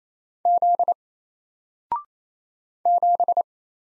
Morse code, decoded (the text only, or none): Z 7